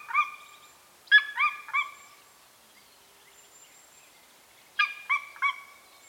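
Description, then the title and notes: Golden Eagle calls: a single sharp yelp, then two groups of three sharp, slightly harsh yelping notes, the groups separated by a few seconds of near silence. Recorded in Bucovina, Romania, with a Zoom F6 recorder and Lom mikroUsi Pro microphones. "The beautiful calls of the Golden eagle. Recorded in Bucovina, Romania"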